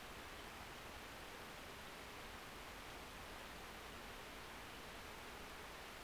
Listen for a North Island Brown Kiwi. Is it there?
no